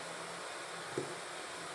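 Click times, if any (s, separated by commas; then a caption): none. An NV5600 manual transmission input shaft is set down onto the synchronizer blocker ring and lined up before being turned to click in. A steady broadband hum fills the clip, with one brief soft bump near 1.0 s. Nothing has seated or clicked yet.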